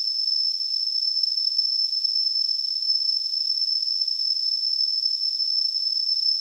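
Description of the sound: Simulated tinnitus: a steady, high-pitched tone near 5.5 kHz over a continuous hiss spread above about 2 kHz, with no low-frequency content, holding at a constant level throughout.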